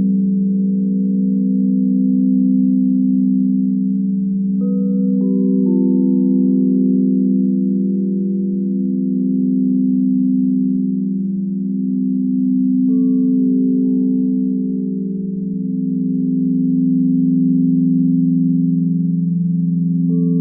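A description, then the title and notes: Crystal singing bowls ring in a steady, layered drone of low, pure tones that swell and ebb in slow pulses every few seconds. Higher bowl tones enter briefly near 5 and 13 seconds and again at the very end, fading softly into the sustained hum. Crystal Bowl sound Bath.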